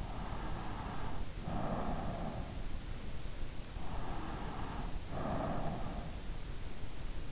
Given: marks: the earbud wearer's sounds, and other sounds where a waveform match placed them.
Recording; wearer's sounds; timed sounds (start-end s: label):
sounds in sleep by an in-ear microphone; snoring breath
0.35-2.75 s: snoring breath
4.01-7.32 s: snoring breath